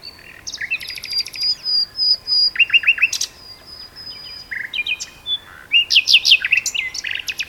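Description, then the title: Common nightingale song with a long thin high whistle held over rapid rattles, then evenly spaced repeated notes and a final burst of loud trilling. Two birds singing a duet on Westleton Heath. "sanderson. nightingale duet on westleton heath"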